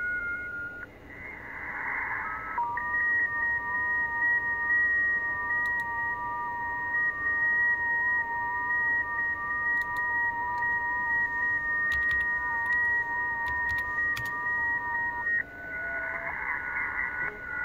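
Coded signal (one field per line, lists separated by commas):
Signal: FT8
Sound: several steady, faintly warbling pure tones together for about 13 seconds, with hiss before and after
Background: radio static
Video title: TY2CD, Benin AFRICA , 7MHz, FT8, Worked by HL2WA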